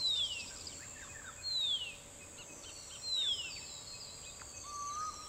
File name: Horsfield's bronze-cuckoo